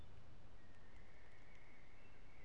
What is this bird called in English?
Common Blackbird